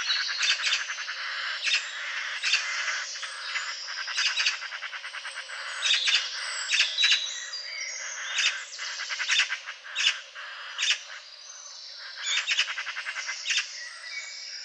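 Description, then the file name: Eurasian magpie giving harsh, rattling chatter in short bursts that repeat irregularly throughout. "Pica pica"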